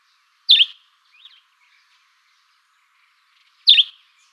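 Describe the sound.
Sparrow giving two sharp, high chirps about three seconds apart, with a faint short note between them, otherwise quiet.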